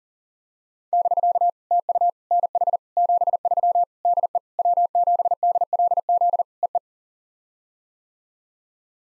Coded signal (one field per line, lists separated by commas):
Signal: Morse code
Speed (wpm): 42 wpm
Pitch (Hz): 700 Hz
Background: none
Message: <BK> TU NH 73 DE W7DLZ EE